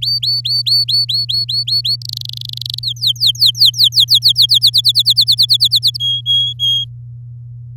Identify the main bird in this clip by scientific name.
Serinus canaria